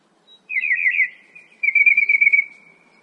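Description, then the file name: Northern mockingbird song with a warbled rolling phrase followed by a longer fast trill fading off, in quiet surroundings. "kicauan burung northern mockingbird. omkicau"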